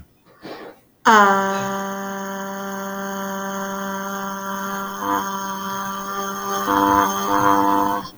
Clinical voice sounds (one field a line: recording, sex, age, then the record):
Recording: vowel held as long as possible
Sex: female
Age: 30 to 39 years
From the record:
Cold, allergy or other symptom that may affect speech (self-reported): no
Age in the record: 36 years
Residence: Kansas, United States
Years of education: 12